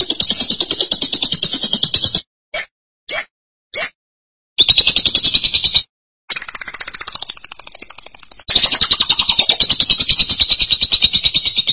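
Lovebird song of shrill rapid chatter, interrupted by a few clipped squeaks and silences, then long buzzy trills with a slightly wavering high pitch.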